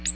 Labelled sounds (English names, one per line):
Ovenbird flight call